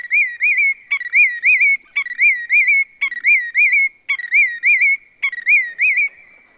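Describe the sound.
Willet delivering a steady series of loud ringing phrases, a clipped note then a wavering whistled roll, about one per second.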